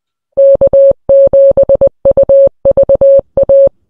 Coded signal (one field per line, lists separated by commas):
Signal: Morse code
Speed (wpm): 20 wpm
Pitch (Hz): 550 Hz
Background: none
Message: K7UVA